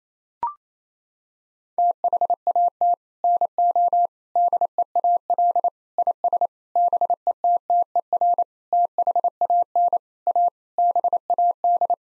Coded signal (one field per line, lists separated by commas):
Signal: Morse code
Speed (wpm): 27 wpm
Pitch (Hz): 700 Hz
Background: none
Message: THAT NO DEAL IS BETTER THAN A BAD